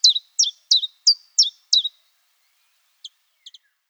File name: phylloscopus collybita